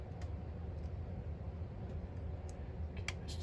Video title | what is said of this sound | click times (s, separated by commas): Mojo Dojo Pt. 5a | There we go. There's that little click. | 3.1 s